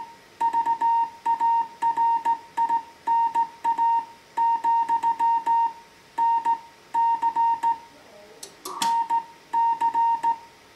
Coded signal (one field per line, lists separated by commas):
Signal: Morse code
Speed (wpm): 17 wpm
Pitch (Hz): 920 Hz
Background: music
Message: VARINA, NC NC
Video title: Morse Code QSO using an old Heathkit HW-101 Transceiver